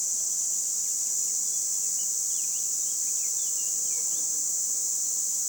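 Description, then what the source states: Red cicada delivering a loud, continuous high buzz. 22 June 2020 at 11:10 beside the road between Luc and Châtillon-en-Diois, France, at the end of spring; Nagra LB, MKH20 omni.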